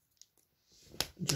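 A toy accessory part is pushed onto a toy figure, with faint handling rustle building from about 0.7 s and a single sharp click at 1.0 s, followed by another sharp, louder low-pitched knock at 1.3 s. The part gives only one click, so it is unclear whether it seated properly, and it is set aside as stubborn.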